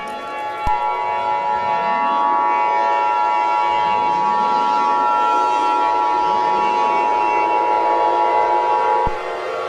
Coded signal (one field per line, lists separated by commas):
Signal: Emergency Alert System (SAME) tones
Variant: 853 and 960 Hz attention tone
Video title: EAS Scenario #2 G Major 2 Sky